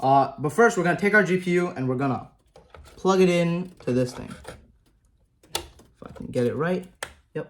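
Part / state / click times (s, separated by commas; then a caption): graphics card into motherboard PCIe slot / not seated / none. Someone talks while handling a graphics card (GPU) and lining it up with the motherboard's PCIe slot, with a few short, sharp handling taps around 5.0–6.1 s. The clip ends before the card is pressed home, so nothing has seated or clicked yet.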